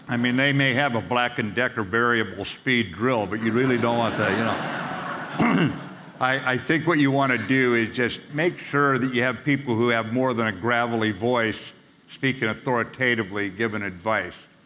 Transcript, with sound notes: I mean, they may have a Black and Decker variable speed drill, but you really don’t that, you know? (laughing) I think what you want to do is just make sure that you have people who have more than a gravelly voice speaking authoritatively giving advice.